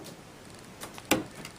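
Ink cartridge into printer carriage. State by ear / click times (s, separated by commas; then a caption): seated / 1.1 s. An ink cartridge in a printer carriage is pressed down while its plastic latch arm is pushed away until it locks. A sharp click sounds at 1.1 s, with softer ticks just before and after over low background noise. The latch clicks home and the cartridge is seated.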